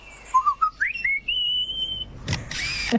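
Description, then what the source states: Lyrebird mimicry: a string of whistled notes climbing in steps to a long level tone, then two burst-like mechanical shutter clicks near the end. Male lyrebird in forest repeating its imitation of a camera shutter, a sound it picks up there while trying to outsing rivals.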